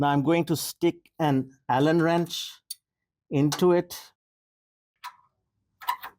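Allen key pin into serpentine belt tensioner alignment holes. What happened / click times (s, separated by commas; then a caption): The key is being handled and nothing has seated yet / none. Someone talks while a wrench holds the serpentine belt tensioner on a Honda (Fit, Jazz, HR-V, BR-V, City or Brio) swung until its two holes align, and a 5.5 mm Allen key is pushed through them as a locking pin, a slightly tight fit. Faint light metallic ticks follow near 5.1 s and 5.9 s. The clip ends before the key goes home, so nothing has seated yet.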